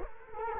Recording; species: mosquito wingbeat signal from an infrared sensor; Culex quinquefasciatus